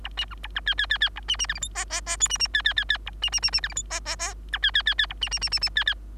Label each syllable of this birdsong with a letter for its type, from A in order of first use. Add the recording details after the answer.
A B C A C D D D D A B B E F G H H H I B B D D D D A B B B B E F G H H H C D D D D A B B B B B D D. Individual Bird3